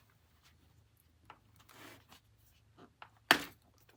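On a Hoover Evolve Pet cordless stick vacuum, a press-release plastic clog-access section is pressed and comes right out so a clog can be cleared. Faint handling ticks at about 1.3 and 3.0 seconds lead up to a sharp, loud plastic click at 3.3 seconds as the section pops free and is released.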